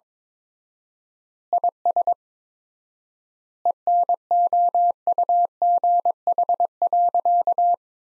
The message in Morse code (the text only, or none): IS ENOUGH.